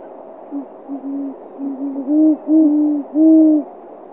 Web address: bird voices virginia eagle owl bubo virginianus